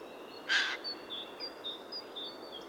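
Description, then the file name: Eurasian jay giving a single hoarse screech, followed by a string of thin, high notes. "Garrulus glandarius"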